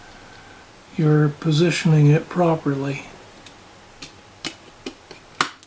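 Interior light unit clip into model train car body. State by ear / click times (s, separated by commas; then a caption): seated / 5.4 s. Someone talks while an interior light unit is lined up with the side clips of a Kato TGV plastic model train passenger car. The unit is then pressed in, making a few faint plastic ticks, until its clip snaps into place with a sharp click at 5.4 s, seating it.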